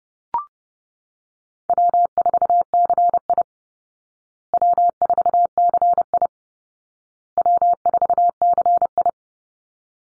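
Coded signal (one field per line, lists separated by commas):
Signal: Morse code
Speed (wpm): 30 wpm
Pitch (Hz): 700 Hz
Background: none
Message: W4CI W4CI W4CI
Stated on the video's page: Morse drill of easy call signs for head-copy at 30wpm, each sent three times, then spoken, then sent again.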